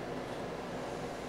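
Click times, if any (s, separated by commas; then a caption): none. A dual-channel memory module is handled at a blue motherboard memory slot, with a steady broadband rumble throughout. Nothing has seated or clicked yet; the clip ends just before the module goes home and the retaining levers snap into place.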